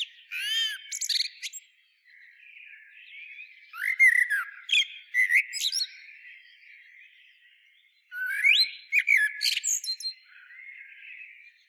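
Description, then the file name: Eurasian blackbird singing three separate phrases about four seconds apart, each a mellow whistled warble that ends in thin, high, scratchy twitters. "Turdus merula"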